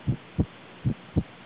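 Regular paired low thumps, the first and second heart sounds, over a faint steady hiss, with no distinct murmur standing out: coarctation of the aorta, a narrowing of the aorta.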